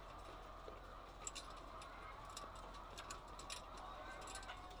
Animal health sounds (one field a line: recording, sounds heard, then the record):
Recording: poultry house recording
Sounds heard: healthy chickens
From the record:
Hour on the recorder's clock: 8